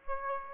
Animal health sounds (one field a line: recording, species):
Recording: mosquito wingbeat signal from an infrared sensor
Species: Aedes aegypti